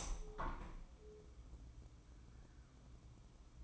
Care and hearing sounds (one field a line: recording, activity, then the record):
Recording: daily activity, microphone in the room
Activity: open window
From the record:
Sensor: 1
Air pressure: 1014.9 hPa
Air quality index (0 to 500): 31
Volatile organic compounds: 1 ppm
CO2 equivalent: 542 ppm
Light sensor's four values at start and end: 10/25/10/11 and 11/26/10/11